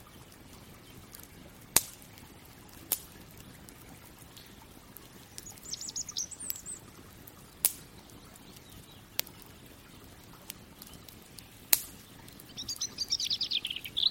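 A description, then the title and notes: A fireplace crackles over a soft, steady low hiss, with sharp pops arriving every second or two, near 2, 3, 7.5, 9, 10.5 and 12 seconds. Short high chirps, like a bird, sound around 6 seconds and again near the end. Relaxing Fireplace & Nature Sounds.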